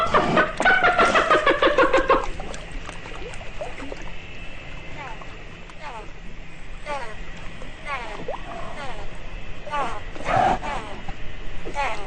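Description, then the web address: Dolphin sounds: a loud buzzy harmonic call in the first two seconds, followed by several short, quick squeaks scattered irregularly over steady background noise. "doublevape dolphin"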